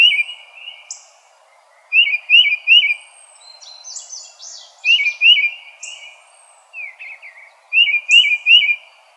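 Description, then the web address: Tufted titmouse calling in short groups of three clear, quick upslurred notes, repeated every few seconds, with thin high buzzy notes between groups. Recorded 4 January 2007. "Tufted Titmouse 2007 01 04"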